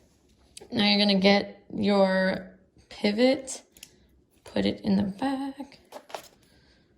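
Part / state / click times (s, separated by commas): pivot pin into balisong knife handle / not seated / none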